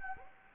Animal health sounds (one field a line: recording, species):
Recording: mosquito wingbeat signal from an infrared sensor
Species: Anopheles gambiae